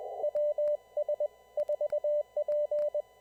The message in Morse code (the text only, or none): WS4P